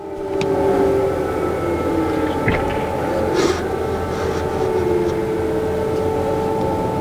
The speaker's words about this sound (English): the capital, Kyiv, was hit by multiple missile strikes in the early hours of the morning, prompting sirens to sound across the city as thousands sheltered in underground bunkers and metro stations.